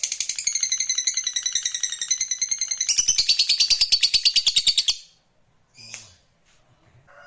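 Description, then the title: Lovebird song: a fast, rattling buzzy trill for about five seconds, ending abruptly, followed by near silence and one faint squeak. Recording meant to stimulate a reluctant lovebird into spontaneous, fierce singing and long trilling (narik). "LOVEBIRD Malas Bunyi JADI GREGET SPONTAN Langsung NARIK"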